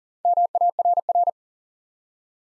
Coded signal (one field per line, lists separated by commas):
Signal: Morse code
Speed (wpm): 40 wpm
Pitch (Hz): 700 Hz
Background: none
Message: MARR